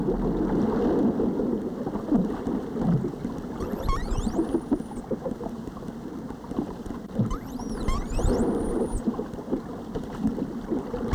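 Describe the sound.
Whale whistles in two bursts about four seconds apart, each a cluster of sweeps leading into a long level high tone, over dense underwater crackle.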